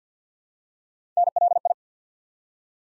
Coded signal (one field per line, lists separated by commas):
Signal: Morse code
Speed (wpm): 48 wpm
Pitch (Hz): 700 Hz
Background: none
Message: NLI